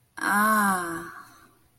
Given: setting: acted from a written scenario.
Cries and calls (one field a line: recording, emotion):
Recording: vocal sound without words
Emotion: romantic love